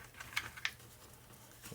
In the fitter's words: this locks into place here.